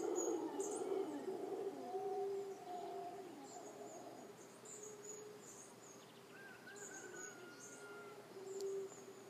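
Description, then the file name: Howler monkey roaring, loud and rough at the start, then settling into a steady, low, moaning drone that fades, with thin insect trills. "Singe Hurleurs"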